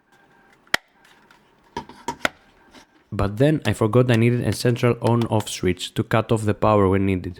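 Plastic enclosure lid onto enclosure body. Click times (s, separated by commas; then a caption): 0.7 s. The plastic lid of a waterproof electronics enclosure for an irrigation controller is pressed closed onto the enclosure body and snaps shut with one loud, sharp click at 0.7 s, seating the lid. A few quieter knocks follow between about 1.8 and 2.3 s, then someone talks.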